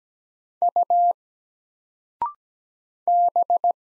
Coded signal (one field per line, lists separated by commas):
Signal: Morse code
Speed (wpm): 17 wpm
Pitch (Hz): 700 Hz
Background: none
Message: U B